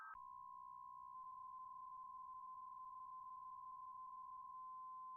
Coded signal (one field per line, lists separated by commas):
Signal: PSK63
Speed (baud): 62.5 baud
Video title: M0KNM - RSGB 3.5MHz Autumn Series Contest Livestream 01/09/25